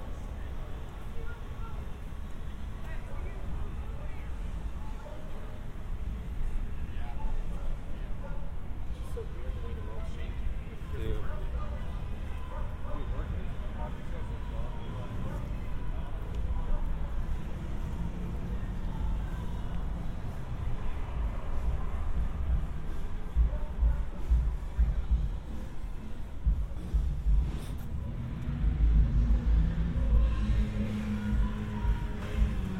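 A walk through San Diego streets, recorded binaurally, with a steady low rumble of passing traffic throughout. Voices of people talking come and go over the hum, and the low rumble swells into heavier, louder bursts around 23 and 29 seconds.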